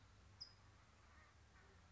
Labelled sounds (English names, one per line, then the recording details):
California Towhee
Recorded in Sonoma County, California